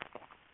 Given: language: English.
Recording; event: throat vibration sensor signal played as sound; swallow